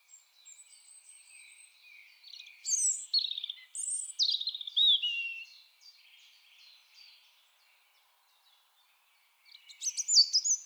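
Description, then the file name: European robin singing a thin high note, then a rich tumbling phrase of rising and falling whistles and trills, silence, and a fresh burst near the end. "Erithacus rubecula"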